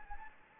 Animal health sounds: mosquito wingbeat signal from an infrared sensor; Anopheles gambiae

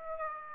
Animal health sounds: mosquito wingbeat signal from an infrared sensor; Aedes aegypti

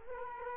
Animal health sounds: mosquito wingbeat signal from an infrared sensor; Culex quinquefasciatus

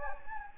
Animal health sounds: mosquito wingbeat signal from an infrared sensor; Anopheles gambiae

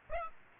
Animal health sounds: mosquito wingbeat signal from an infrared sensor; Aedes aegypti

